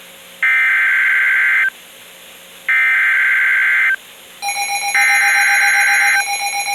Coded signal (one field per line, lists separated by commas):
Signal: Emergency Alert System (SAME) tones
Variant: header bursts